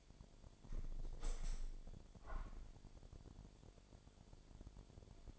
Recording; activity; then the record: daily activity, microphone in the room; open window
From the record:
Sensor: 5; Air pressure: 1006.6 hPa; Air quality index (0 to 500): 195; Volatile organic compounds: 6 ppm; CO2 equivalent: 1857 ppm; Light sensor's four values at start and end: 56/160/62/63 and 56/160/62/63